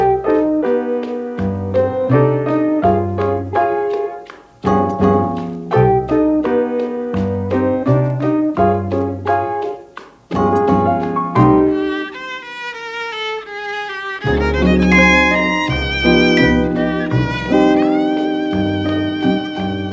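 The recorded song plays loudly, opening with steady rhythmic chords before sustained melodic lines rise over a full, continuous accompaniment.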